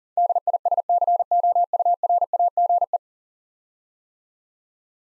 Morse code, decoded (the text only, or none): DISCOURAGE